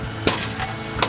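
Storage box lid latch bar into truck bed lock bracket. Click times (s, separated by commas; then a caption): 0.3 s, 1.0 s. On a 2005–2023 Tacoma, a wheel-well storage box set on its two hinges for a test fit is swung over until its lid latch bar hits the truck bed lock bracket. A sharp click sounds at 0.3 s and another at 1.0 s as the latch locks in place. The box is seated and latched.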